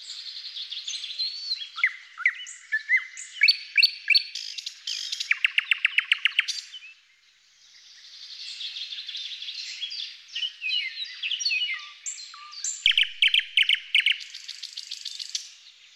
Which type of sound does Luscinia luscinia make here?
song